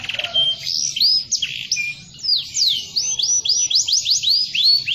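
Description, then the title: Canary song, a rapid run of bright whistled slurred notes and trills. Canary described as singing vigorously ('gacor ngotot') with long rolls ('roll panjang'). "LANGSUNG NYAUT GACOR DOR Kenari Manasaja, Dengan Kicau Kenari GACOR NGOTOT ROLL PANJANG"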